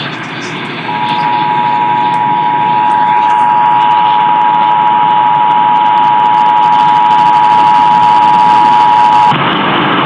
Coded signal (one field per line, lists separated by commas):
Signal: Emergency Alert System (SAME) tones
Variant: 853 and 960 Hz attention tone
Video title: Tennessee RMT on WSM (8/4/21)(EAS 823)